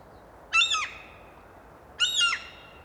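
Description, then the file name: Common gull calls, two harsh, strongly harmonic squealing notes about one and a half seconds apart, each slightly wavering, over a quiet steady background. "Common Gull Larus canus"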